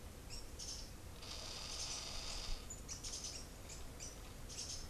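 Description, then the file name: Bird calls: thin, very high chirps repeated in short bursts, with a longer buzzy, hissing stretch in the middle, over a steady low rumble. "SABIOD 50 bird 2015"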